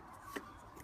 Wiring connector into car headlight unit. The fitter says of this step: push that back onto there make sure it clicks in place let hear that click so that's in